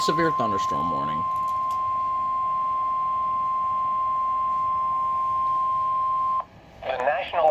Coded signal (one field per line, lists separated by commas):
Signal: Emergency Alert System (SAME) tones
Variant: 1050 Hz attention tone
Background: speech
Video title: EAS #488: Severe Thunderstorm Warning - Indiana (6/17/2026) (KEC74)